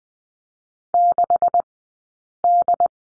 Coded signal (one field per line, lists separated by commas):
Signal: Morse code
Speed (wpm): 20 wpm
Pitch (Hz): 700 Hz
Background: none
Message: 6D